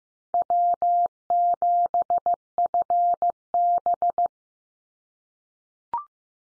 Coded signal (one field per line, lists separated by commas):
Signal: Morse code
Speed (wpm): 15 wpm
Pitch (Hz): 700 Hz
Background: none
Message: W7FB